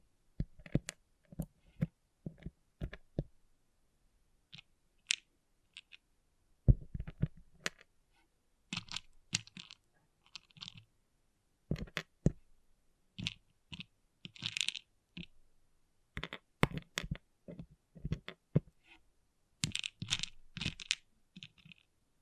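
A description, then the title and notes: Small plastic pixel art beads click and tick in quick, irregular bursts, some sharp single taps and some rattling clusters. The sounds are bright and crisp, coming in uneven bunches with short silent gaps between them throughout. ASMR Relaxing Pixel Art Beads ( No Talking).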